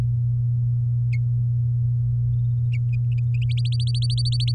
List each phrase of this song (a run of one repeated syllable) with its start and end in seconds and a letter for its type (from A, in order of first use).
0.00-0.01 A, 3.57-4.52 B